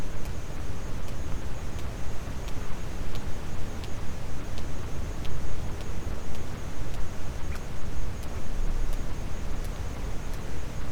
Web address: Physeter Macrocephalus cachalot